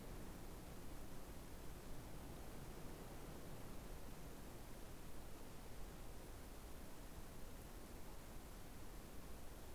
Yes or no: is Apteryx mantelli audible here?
no